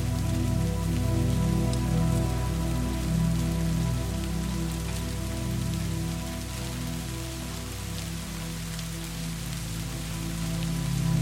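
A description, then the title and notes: Steady rain hiss fills the scene, with scattered faint ticks and pops of fire crackle near the top. Underneath, soft, low sustained music tones hold a warm drone, with a low bass layer that drops out just past the eighth second. Rainy ambience with fireplace sounds and 432 Hz music for sleep and meditation. Rain and fireplace sounds with 432 Hz music.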